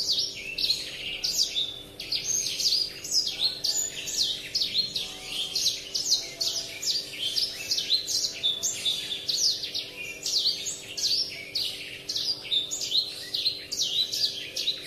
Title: Kicau Kacer